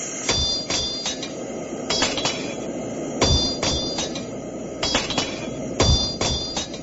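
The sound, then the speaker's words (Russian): Two blacksmiths hammer metal on an anvil while making horseshoes, one holding tongs and tapping the anvil with a small hammer while the other strikes the metal, in a steady working rhythm, sharp bright clangs coming in pairs and clusters, with a light tap between heavier blows. No voices. “У меня клещи и маленький молоток. Я стучу по наковальне, а он бьет по металлу”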